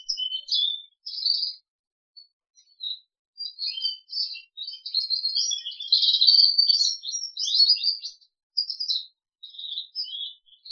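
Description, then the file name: Crested canary song of scattered high chirps swelling into a dense warbled trill mid-way, then easing back to short notes. "audio kenari jambul"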